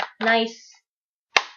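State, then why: Released. A hard eyeshadow palette case is handled by its hinged lid latch while someone talks briefly. A sharp, solid click rings out at 1.4 s as the latch lets go and the lid releases, though it is unclear whether the case is opening or snapping shut. The solid click marks a sturdy, not flimsy, design.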